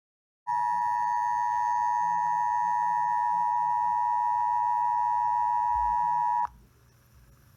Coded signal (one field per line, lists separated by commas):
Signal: Emergency Alert System (SAME) tones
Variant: 853 and 960 Hz attention tone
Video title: EAS Alerts From Thanksgiving Week 2020 (EAS#34-41)